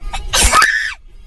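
A single sneeze from an adult.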